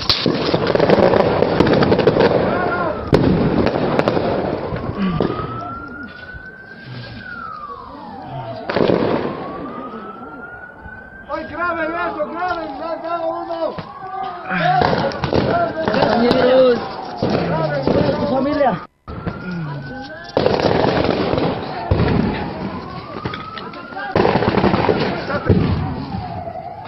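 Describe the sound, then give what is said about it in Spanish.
Loud bursts of gunfire from soldiers shooting live bullets crack out repeatedly in uneven clusters while a siren wails up and down underneath, with people shouting and talking throughout. “Miren, los soldados están usando bala.”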